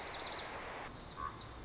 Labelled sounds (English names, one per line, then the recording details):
Lazuli Bunting
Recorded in Sonoma County, California